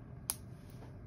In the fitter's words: and that snaps into place and there's no real way that could come off without you wanting it to so we'll